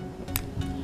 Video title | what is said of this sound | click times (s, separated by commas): Worksbell & Dimes | up and then it locks into place so pretty much it doesn't wiggle is solid and then | 0.4 s